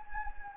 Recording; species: mosquito wingbeat signal from an infrared sensor; Anopheles gambiae